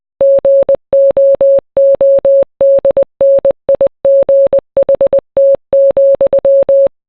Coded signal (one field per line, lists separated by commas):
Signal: Morse code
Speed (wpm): 20 wpm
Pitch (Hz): 550 Hz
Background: none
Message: GOODNIGHT,